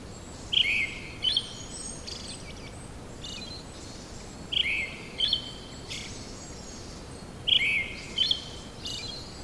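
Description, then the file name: Brown-headed thrush song: three whistled phrases, each a loud falling note followed by a thin high twitter, a few seconds apart, over constant background hiss. "akahara"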